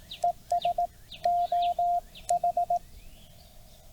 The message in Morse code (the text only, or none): ES OH